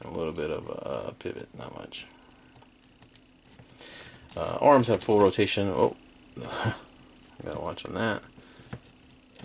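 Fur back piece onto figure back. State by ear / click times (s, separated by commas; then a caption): not seated / none. A plastic fur back piece is pressed into place on the back of a figure while someone talks. Faint small taps and handling noises sound between the speech, but the piece doesn't lock or click in because the arm rotation pushes the fur up, so nothing has seated.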